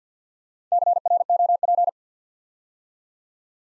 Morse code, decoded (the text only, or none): CROP